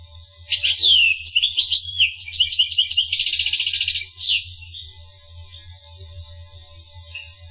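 Finch song: a sweeping whistle followed by a fast, rattling trill, then quiet with a low steady hum.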